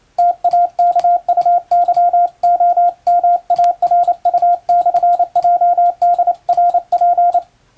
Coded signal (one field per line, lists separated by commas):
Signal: Morse code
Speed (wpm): 28 wpm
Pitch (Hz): 700 Hz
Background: radio noise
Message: TAKUYOMARU/JDRP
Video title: 昭和の通信方法、懐かしいモールス信号を打ってみた！暗号を使うようでカッコいいかな？欧文モールス符号を打ってみました！YouTubeの速度を調整して聴いてみよう morse code practice